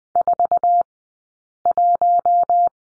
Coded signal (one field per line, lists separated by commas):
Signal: Morse code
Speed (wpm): 20 wpm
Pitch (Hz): 700 Hz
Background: none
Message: 41